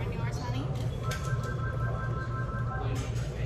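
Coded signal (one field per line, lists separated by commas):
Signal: none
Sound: background device beeps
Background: speech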